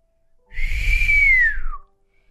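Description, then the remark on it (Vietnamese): A single human whistle lasting just over a second, a clear tone that rises slightly and then slides downward in pitch, with a breathy rumble underneath. No one speaks. “Hắn huýt gió một tiếng.”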